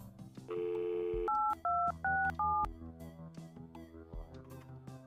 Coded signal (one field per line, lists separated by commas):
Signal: DTMF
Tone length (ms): 280 ms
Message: 8267